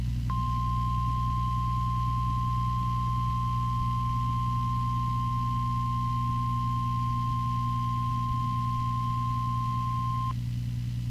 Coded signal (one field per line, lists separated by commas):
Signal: Emergency Alert System (SAME) tones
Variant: 1050 Hz attention tone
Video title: EAS #1402 - Blizzard Warning 2-1-2016